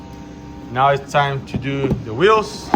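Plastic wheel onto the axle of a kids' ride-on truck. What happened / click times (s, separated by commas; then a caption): Handled, not yet seated: no click from the wheel yet / none. A plastic wheel is being handled for fitting onto the axle of a kids' LIGIANT Ride On Dump Truck 24V OP60 4x4 during assembly. Someone talks over a steady low hum. Nothing has seated or clicked yet.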